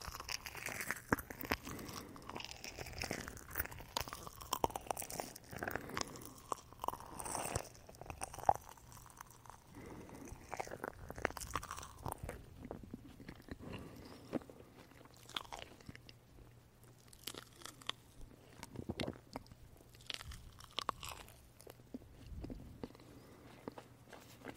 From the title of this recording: marshmallow eating sound